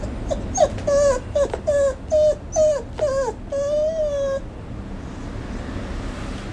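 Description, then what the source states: Hokkaido dog whining in quick repeated short whimpers, some dipping in pitch, ending in one longer whine before quiet background hum. Hokkaido dog Fuyuichiro whining for breakfast in the morning; owner asks if it is that hungry.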